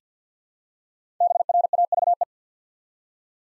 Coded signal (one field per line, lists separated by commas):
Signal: Morse code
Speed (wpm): 50 wpm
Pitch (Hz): 700 Hz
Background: none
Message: BRAVE